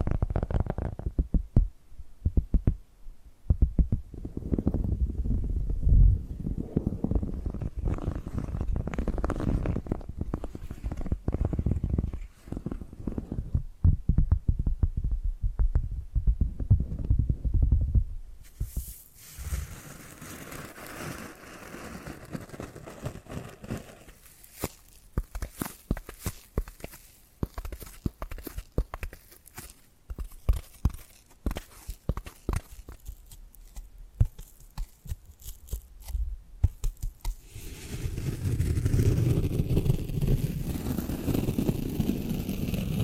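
Dense, quick tapping and scratching runs throughout, with many sharp clicks packed close together. For the first twenty seconds the sound is deeper and thuddier; after that it turns thinner and brighter with a steady hiss beneath, and a low rumble returns near the end.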